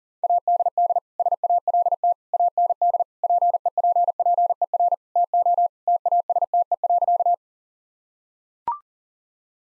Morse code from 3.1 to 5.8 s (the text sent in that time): PEPPER TO